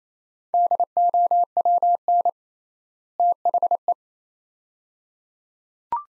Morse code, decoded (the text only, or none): DOWN THE